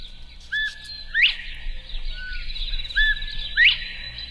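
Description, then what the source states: Northern bobwhite calling: a short low whistle followed by a sharply rising clear whistle, the two-part call given twice. Call sounds like the bird saying its name.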